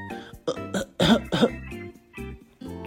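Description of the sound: About four or five short, forceful cough bursts in quick succession, with voiced, throaty sounds between them: an adult's acted imitation of a persistent cough from a cold with a swollen throat, so bad that talking is impossible.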